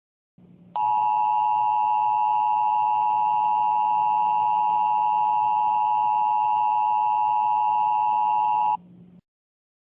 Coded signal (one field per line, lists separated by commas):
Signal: Emergency Alert System (SAME) tones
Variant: 853 and 960 Hz attention tone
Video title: An Angry EAS Part 2: A Drunk Angry Paul